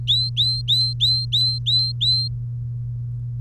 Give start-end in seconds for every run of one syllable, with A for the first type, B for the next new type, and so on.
0.07-2.28 A